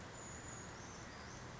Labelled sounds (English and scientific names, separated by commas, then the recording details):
Brown Creeper (Certhia americana)
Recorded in Sonoma County, California